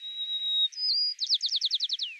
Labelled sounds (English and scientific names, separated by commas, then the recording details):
White-crowned Sparrow (Zonotrichia leucophrys) song
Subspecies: nuttalli
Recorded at Limantour, California, in 2014
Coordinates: 38.020, -122.864
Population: north
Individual CoastTrail2_14